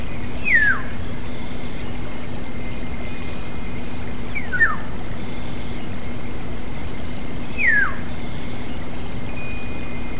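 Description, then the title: Black-naped oriole calls, a slurred descending whistle given three times about every three to four seconds, over a steady low hum and broad background noise. "kepodang"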